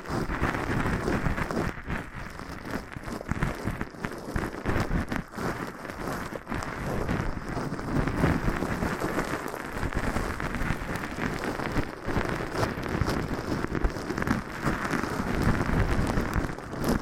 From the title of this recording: Floral Foam Sounds